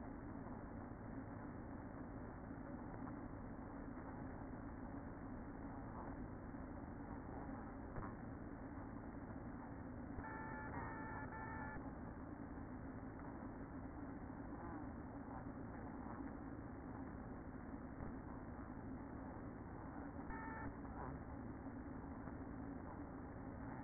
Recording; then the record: honeybee colony, microphone inside the hive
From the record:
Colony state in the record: queen present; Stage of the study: after two queens were removed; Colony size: about 60,000 bees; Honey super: yes